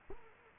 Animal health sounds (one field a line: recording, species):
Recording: mosquito wingbeat signal from an infrared sensor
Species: Culex quinquefasciatus